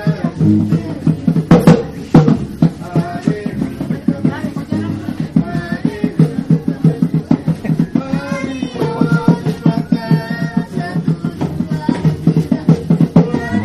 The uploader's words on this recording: Arborek village (Raja Ampat) by Daniel Braun.